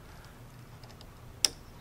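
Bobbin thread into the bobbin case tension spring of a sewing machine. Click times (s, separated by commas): 1.4 s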